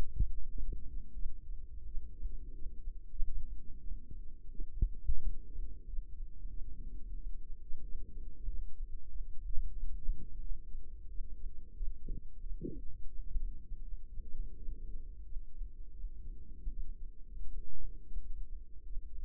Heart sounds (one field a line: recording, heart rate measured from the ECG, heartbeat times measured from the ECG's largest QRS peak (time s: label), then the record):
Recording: heart sounds by microphone in the right ear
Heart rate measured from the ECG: 88 bpm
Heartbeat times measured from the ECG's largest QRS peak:
0.51 s: heartbeat
1.16 s: heartbeat
1.88 s: heartbeat
2.56 s: heartbeat
3.18 s: heartbeat
3.82 s: heartbeat
4.52 s: heartbeat
5.24 s: heartbeat
5.88 s: heartbeat
6.52 s: heartbeat
7.17 s: heartbeat
7.85 s: heartbeat
8.49 s: heartbeat
9.11 s: heartbeat
9.73 s: heartbeat
10.42 s: heartbeat
11.11 s: heartbeat
11.78 s: heartbeat
12.42 s: heartbeat
13.10 s: heartbeat
13.84 s: heartbeat
14.59 s: heartbeat
15.26 s: heartbeat
15.94 s: heartbeat
16.70 s: heartbeat
17.49 s: heartbeat
18.20 s: heartbeat
18.87 s: heartbeat
From the record:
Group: healthy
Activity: rest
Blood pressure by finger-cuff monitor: 145/62 mmHg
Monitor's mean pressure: 88 mmHg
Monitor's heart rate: 90 bpm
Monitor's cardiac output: 9.6 L/min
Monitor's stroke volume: 108 mL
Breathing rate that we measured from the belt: 19 breaths a minute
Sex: female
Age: 22 years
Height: 160 cm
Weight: 63 kg